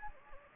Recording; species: mosquito wingbeat signal from an infrared sensor; Anopheles gambiae